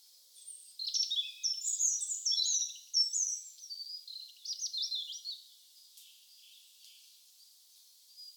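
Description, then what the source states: Bird song of fast, high twittering and trilled phrases for several seconds, then fading to occasional soft chirps. Birdsong atmosphere.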